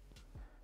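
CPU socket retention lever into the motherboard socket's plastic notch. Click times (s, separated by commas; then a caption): 0.2 s. The metal retention lever on an AM4 CPU socket is lowered and pushed down until it snaps into place under the socket's plastic notch. A short, quiet click lands at about 0.2 s, followed by a soft low thump around 0.4 s. The lever ends up seated.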